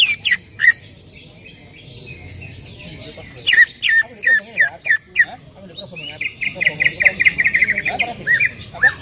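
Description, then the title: Greater green leafbird calls: scattered sharp notes, then a run of clipped downslurred notes, followed by a rapid trill-like string of chirps. Female calling a male; highly vocal. "CUCAK IJO BETINA GACOR HIPER MEMANGGIL JANTAN"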